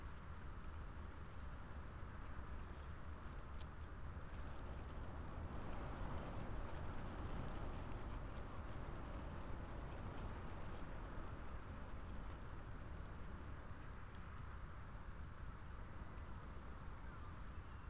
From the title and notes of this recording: Lone tree under windswept telegraph wires. The tree, weather stunted and probably overlooked by almost all who stumble by on the rough stone track, holds and shelters the Lento microphones.